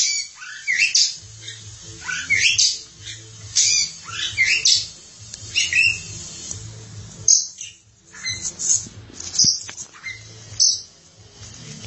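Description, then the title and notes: Oriental magpie-robin song: varied phrases of sharp, descending whistled sweeps and chirps in repeated bursts. "Suara Kicauan Burung Kacer Durasi Panjang. Suara kicauan burung kacer format mp3 durasi panjang"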